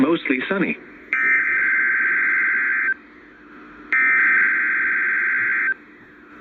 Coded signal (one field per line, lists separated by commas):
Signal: Emergency Alert System (SAME) tones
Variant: header bursts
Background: speech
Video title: NOAA/EAS Required weekly test for southern Wisconsin (first Toned alert on Sangean CL-100!)￼